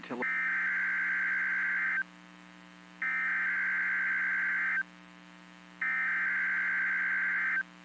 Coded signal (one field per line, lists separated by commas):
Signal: Emergency Alert System (SAME) tones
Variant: header bursts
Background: speech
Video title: Severe Thunderstorm Warning Texas Noaa Weather Radio Station WXK 38 Amarillo TX 8/25/26